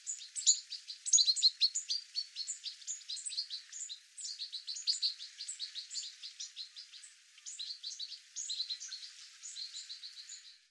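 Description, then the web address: Bird calls: dense, rapid high chirps and chattering notes pouring out almost without a break, with a few short lulls. "cianscape birddata Deverinetal 2025 File cleaned normalized Bird"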